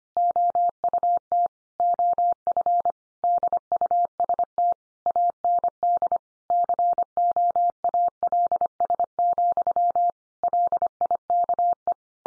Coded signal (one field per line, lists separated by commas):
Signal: Morse code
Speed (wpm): 25 wpm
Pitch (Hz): 700 Hz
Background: none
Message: OUT OF DUST AND COALS, LIKE